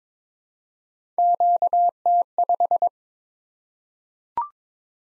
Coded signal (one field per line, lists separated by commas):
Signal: Morse code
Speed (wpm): 22 wpm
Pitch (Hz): 700 Hz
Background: none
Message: QT5